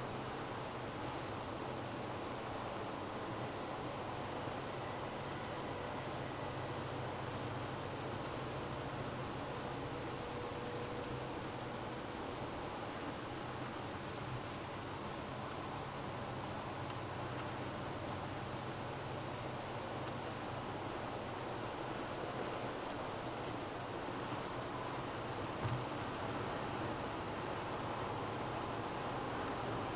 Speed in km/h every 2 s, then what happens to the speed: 107, 105, 103, 103, 105, 105, 108, 104, 103, 104, 108, 110, 112, 115, 116.
0-17 steady at about 105. 17-30 speeds up to 116.